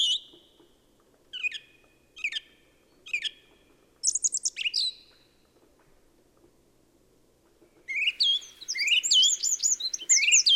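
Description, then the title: Song thrush singing short, clear phrases, one repeated three times with pauses between, then a rapid, high jumbled passage. Mainly song thrush accompanied by a wren; recorded in the Peak District during lockdown; described as the longest unbroken thrush song ever heard. "Thrush and wren, Peak District"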